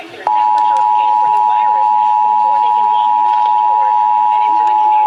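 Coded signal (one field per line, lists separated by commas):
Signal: Emergency Alert System (SAME) tones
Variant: 853 and 960 Hz attention tone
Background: speech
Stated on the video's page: Maryland Required Monthly Test relayed over AM/FM radio and PBS television stations; valid EAS/SAME tones, one FM station slow to relay.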